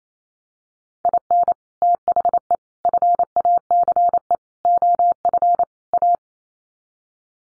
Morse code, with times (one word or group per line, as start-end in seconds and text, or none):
1.0-1.5 IN
1.8-2.6 THE
2.9-4.4 FACE
4.7-5.6 OF
5.9-6.2 A